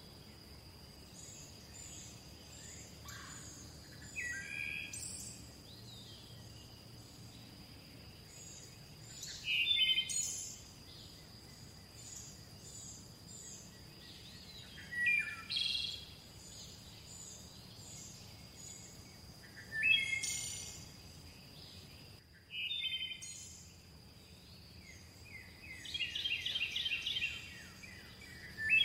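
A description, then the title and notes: Birds chirp and sing in a forest, with bright, twittering phrases returning roughly every five seconds, near 4, 10, 15, 20 and 27 seconds. A thin, steady high whine, like an insect, runs throughout over a soft, low outdoor hush. Birds Singing In A Dreamy Forest. This episode captures the melodious songs of a variety of birds and other natural sounds.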